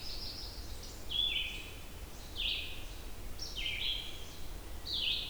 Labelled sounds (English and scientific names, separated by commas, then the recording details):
Red-eyed Vireo (Vireo olivaceus) song
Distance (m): 35 m
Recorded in boreal forest in Alberta, Canada, on 28 June 2016 at 07:38
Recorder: SongMeter 3, array SBT-6-79
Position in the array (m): 107 m, 210 m